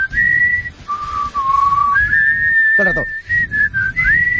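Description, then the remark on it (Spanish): Someone whistles the TV weather forecast theme tune, a bright, steady melody stepping between higher and lower notes, with a short noisy break midway and faint murmuring underneath. “Y eso es lo que van silbando los”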